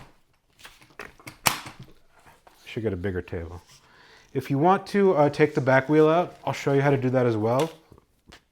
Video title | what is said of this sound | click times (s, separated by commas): Unboxing the Mockingbird Single to Double Stroller 2.0 | Other back wheel pops right in. | 1.5 s